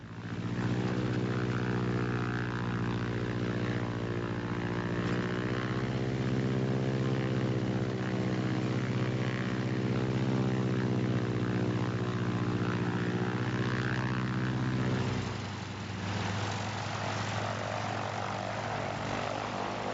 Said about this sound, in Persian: یکی از هواپیماهای دلخواهم هواپیمای افسانه‌ای و دوباله استیرمنه.